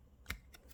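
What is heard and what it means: A screwdriver pries the other side of a clipped-together plastic Ford keyless key fob case to release the remaining clip. A sharp plastic pop at 0.3 s and a fainter click around 0.6 s are heard, and the case halves come apart so the cover is off.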